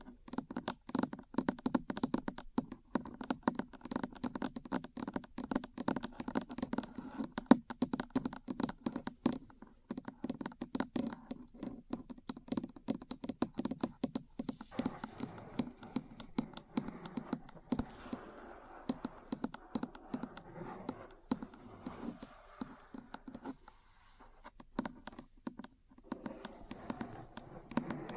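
Metal parts tap and click in quick, uneven bursts, dense for the first ten seconds with a low ringing under the hits. After about fifteen seconds the tapping thins and mixes with rougher scraping and rattling, with a brief quiet gap near twenty-four seconds.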